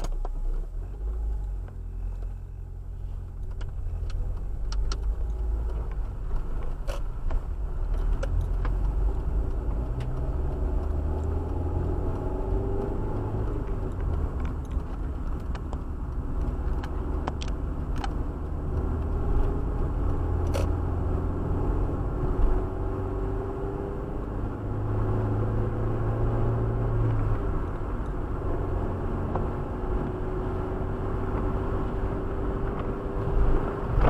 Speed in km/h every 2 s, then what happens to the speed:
2, 9, 12, 12, 21, 35, 42, 41, 43, 47, 52, 58, 63, 68, 69, 72, 75.
0-11 pulls away to 42. 15-34 speeds up to 75.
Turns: 5-7.